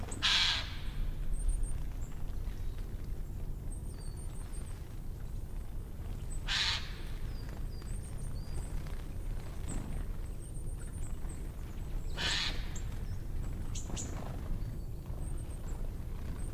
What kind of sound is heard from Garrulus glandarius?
call